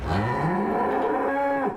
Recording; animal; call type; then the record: contact call of a hoofed animal; cattle; low-frequency (closed-mouth) or high-frequency (open-mouth) call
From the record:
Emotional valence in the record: negative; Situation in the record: full separation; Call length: 1.77 s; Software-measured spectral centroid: 1200 Hz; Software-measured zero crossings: 1380 a second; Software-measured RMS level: -24 dBFS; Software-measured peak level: -13 dBFS